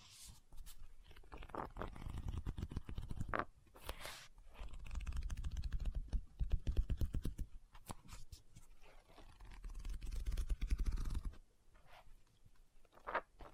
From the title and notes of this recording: ASMR Book Tapping, Scratching, Page Turning(No Talking).